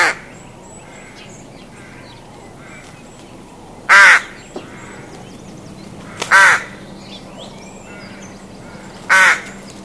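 Rook giving three harsh, grating caws spaced a few seconds apart over a steady background hiss.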